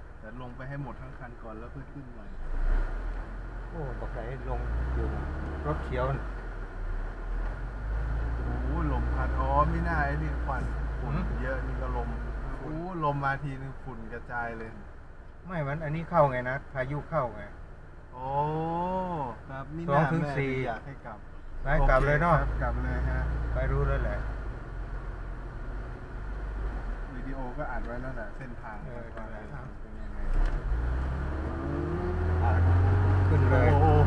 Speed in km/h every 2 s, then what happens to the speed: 3, 3, 3, 2, 0, 2, 4, 4, 4, 2, 1, 2, 7, 8, 8, 7, 7.
0-6 steady at about 3. 6-10 standing. 10-18 steady at about 4. 18-22 standing. 22-25 pulls away to 8. 25-34 steady at about 7.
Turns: none.